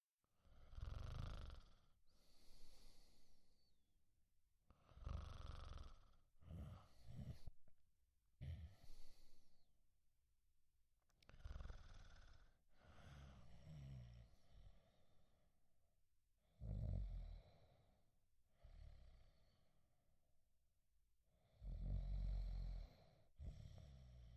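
An adult snoring during sleep: loud, low, rattling snores recur roughly every four to five seconds, about a dozen breaths a minute, each followed by quieter breathy exhalations, with no background noise.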